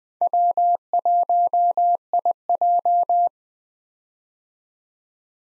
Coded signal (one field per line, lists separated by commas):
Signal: Morse code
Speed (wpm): 20 wpm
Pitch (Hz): 700 Hz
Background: none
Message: W1IJ